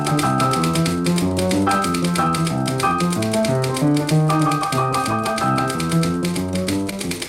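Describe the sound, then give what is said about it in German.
Rapid, steady typewriter keystrokes clatter throughout, layered over a lively piano melody with a full, rolling bass line, from the 1952 RIAS radio program »Schreibmaschine und Klavier« by cabaret artists Klaus Becker and Wolfgang Neuss; the clicks stay sharp and rhythmic against the music. “Selbst die Kabarettisten Klaus Becker und Wolfgang Neuss machten sich in der RIAS-Sendung »Schreibmaschine und Klavier« 1952 ihren Reim auf die Knef.”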